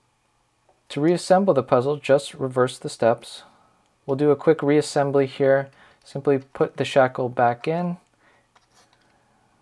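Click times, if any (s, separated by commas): none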